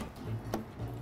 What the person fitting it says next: À, ok, mình đã nghe thấy một tiếng tạch rồi.